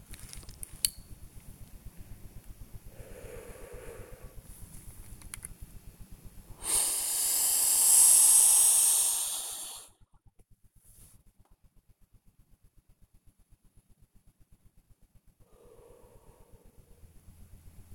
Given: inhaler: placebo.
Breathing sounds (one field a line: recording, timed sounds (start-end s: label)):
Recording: one use of a dry powder inhaler by a smartwatch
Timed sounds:
0.14-1.18 s: inhaler activation
2.86-4.54 s: exhalation
6.51-9.98 s: inhalation
15.35-17.32 s: exhalation